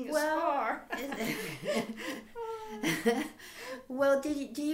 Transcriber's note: laughs